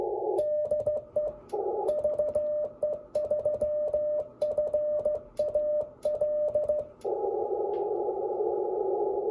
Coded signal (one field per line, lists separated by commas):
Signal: Morse code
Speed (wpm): 15 wpm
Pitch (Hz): 600 Hz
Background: radio noise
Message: DE VE3FAL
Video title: Attempt to work Bert F6HKA in France for SKCC WES 03-09-24